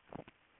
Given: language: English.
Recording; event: throat vibration sensor signal played as sound; swallow